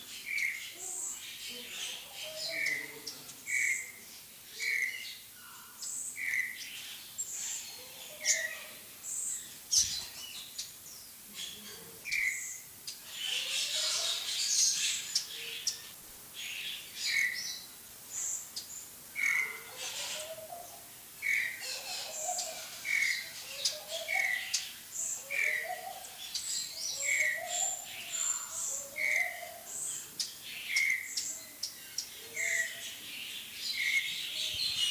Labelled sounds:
Vitelline Masked-Weaver call

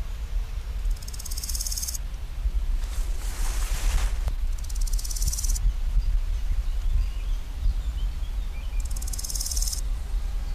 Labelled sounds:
Large Gold Grasshopper stridulation

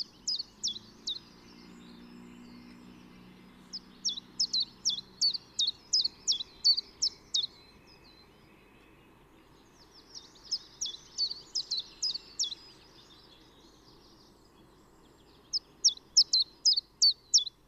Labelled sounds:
Common Chiffchaff song

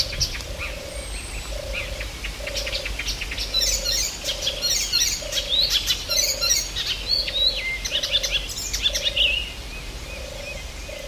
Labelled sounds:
Icterine Warbler

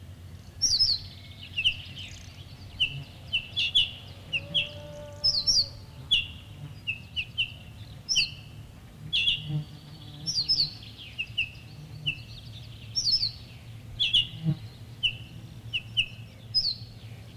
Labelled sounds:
Ortolan Bunting alarm call

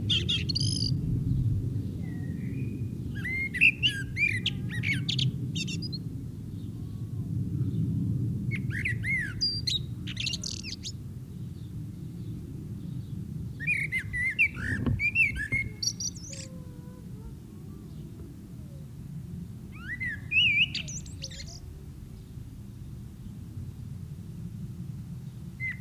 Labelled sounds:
Common Blackbird song

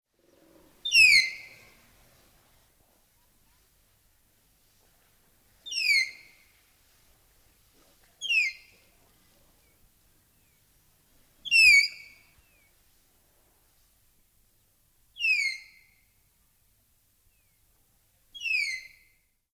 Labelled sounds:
Malayan Tapir

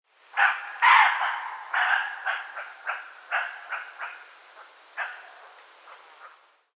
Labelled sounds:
Western Roe Deer

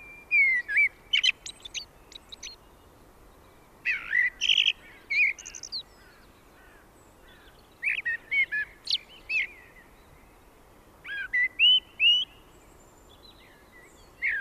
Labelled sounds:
Common Blackbird song

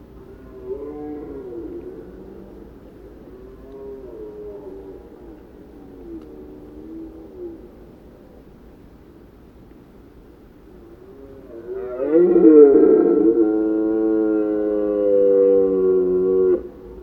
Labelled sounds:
Red Deer call

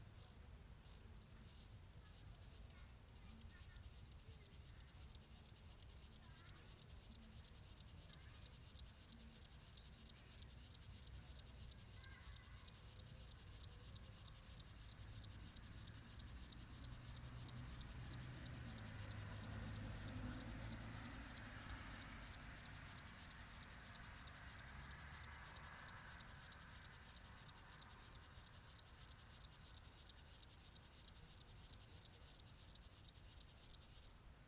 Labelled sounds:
Upland Field Grasshopper stridulation

